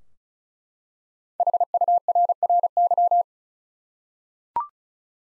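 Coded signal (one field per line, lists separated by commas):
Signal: Morse code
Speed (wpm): 36 wpm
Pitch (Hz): 700 Hz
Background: none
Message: HURRY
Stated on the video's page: Five-letter word head-copy drill at 35 wpm; each word sent in Morse, spoken, then sent again.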